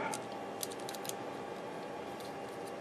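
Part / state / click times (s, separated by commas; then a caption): plastic torso part into a model kit torso frame / not seated / none. A plastic torso part is pushed into position on a model kit torso frame, but it does not snap in. Only light handling taps are heard, at about 0.6, 0.9 and 1.1 seconds, over a steady background hiss. Nothing has clicked or seated yet.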